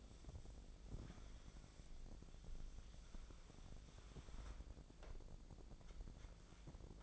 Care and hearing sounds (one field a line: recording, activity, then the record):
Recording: daily activity, microphone in the room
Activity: wipe stove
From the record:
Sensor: 5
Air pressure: 1012.4 hPa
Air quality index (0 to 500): 158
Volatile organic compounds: 2 ppm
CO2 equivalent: 1078 ppm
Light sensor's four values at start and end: 159/378/163/185 and 157/375/161/183